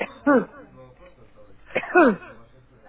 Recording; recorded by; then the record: voluntary cough; telephone call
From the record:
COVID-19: negative